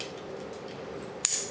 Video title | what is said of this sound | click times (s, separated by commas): Walther PK380 - Easy to handle pistol. | and you heard it click | 1.3 s